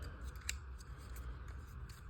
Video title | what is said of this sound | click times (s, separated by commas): TRANSFORMERS - SS Soundwave w/Laserbeak, Buzzsaw, and Ravage | And it should just snap into place. Like that. | 0.5 s